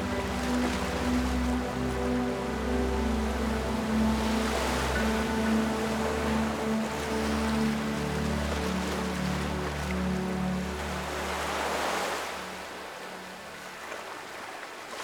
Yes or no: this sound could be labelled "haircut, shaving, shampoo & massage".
no